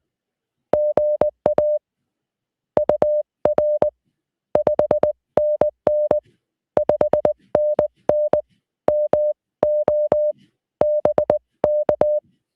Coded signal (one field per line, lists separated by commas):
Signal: Morse code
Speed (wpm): 19 wpm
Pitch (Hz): 600 Hz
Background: none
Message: GA UR 5NN 5NN MO BK